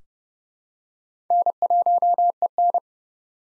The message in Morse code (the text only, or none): N1EN